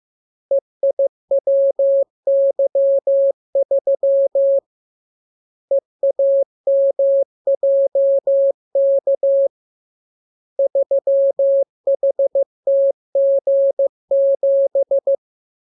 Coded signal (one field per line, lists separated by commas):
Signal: Morse code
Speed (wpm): 15 wpm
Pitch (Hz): 550 Hz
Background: none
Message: EIWY3 EAMJK 3HTG7